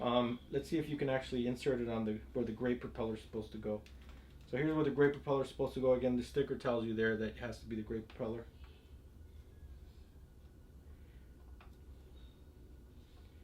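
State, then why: Not seated. Someone talks while a keyed plastic propeller from a DJI Phantom 4 quadcopter is pressed and twisted onto the wrong motor hub, the one a sticker marks for the gray propeller. The quick-release mount does not engage and nothing has seated or clicked. After the talking, only faint handling noise and a soft tick near 11.6 s remain.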